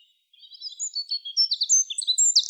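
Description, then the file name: Eurasian wren, a short, rapid run of high sharp notes building in loudness over two seconds. "Troglodytes troglodytes"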